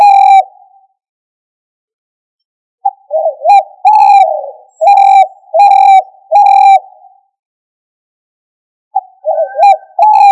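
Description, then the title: Chicken calls in repeated bouts: quick broken clucks leading into several long, steady notes, with silent gaps between bouts. Australorp breed ('manok ostrali'). "manok ostrali"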